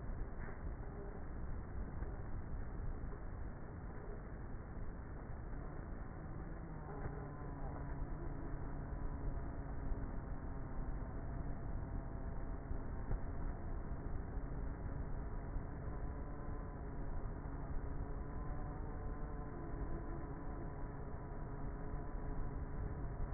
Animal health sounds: honeybee colony, microphone inside the hive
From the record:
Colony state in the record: queenless with a low population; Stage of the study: before two queens were removed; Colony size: about 30,000 bees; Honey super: no

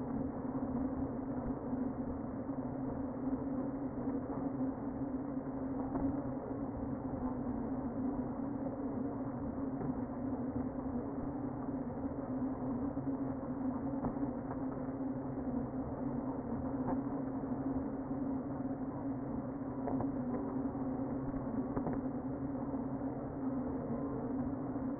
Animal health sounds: honeybee colony, microphone inside the hive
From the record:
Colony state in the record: queen present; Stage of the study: before two queens were removed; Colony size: about 60,000 bees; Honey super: yes

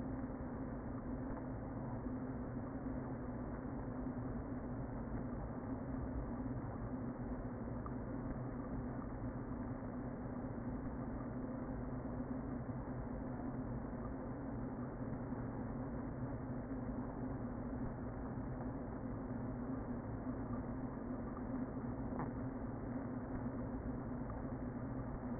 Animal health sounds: honeybee colony, microphone inside the hive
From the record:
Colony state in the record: queen present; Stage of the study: before two queens were removed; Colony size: about 60,000 bees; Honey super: yes

